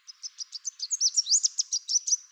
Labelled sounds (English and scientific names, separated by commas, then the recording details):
Chestnut-capped Warbler (Basileuterus delattrii) song
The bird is a male
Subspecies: delattrii
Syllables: 15
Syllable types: 11
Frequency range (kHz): 3.8-7.7 kHz
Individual CR-WWRS-M